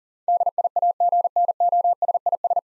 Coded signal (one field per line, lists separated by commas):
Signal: Morse code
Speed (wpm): 37 wpm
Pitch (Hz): 700 Hz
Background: none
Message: DIAGNOSIS